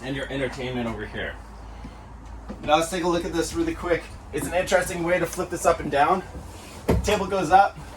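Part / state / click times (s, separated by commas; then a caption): dinette table top locking into its support mechanism / not seated / none. Someone talks while the dinette table top in a 2024 Outdoors RV 21MKS is flipped up toward its raised position on its support mechanism. The table has not yet locked into place, and nothing has seated or clicked by the end of the clip.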